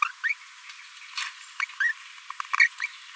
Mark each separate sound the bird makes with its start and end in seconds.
0.02-0.04, 0.23-0.33, 1.62-1.65, 1.80-1.92, 2.59-2.68, 2.82-2.86